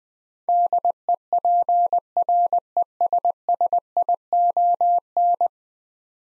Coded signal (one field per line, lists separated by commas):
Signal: Morse code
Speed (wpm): 20 wpm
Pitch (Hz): 700 Hz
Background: none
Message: DEPRESSION